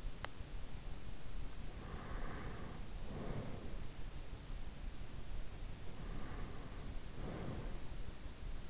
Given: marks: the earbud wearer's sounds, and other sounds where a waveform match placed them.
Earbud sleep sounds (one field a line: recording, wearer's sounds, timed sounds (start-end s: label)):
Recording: sounds in sleep by an in-ear microphone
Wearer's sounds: teeth grinding, breath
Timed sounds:
0.00-0.40 s: teeth grinding
1.76-3.81 s: breath
5.78-8.32 s: breath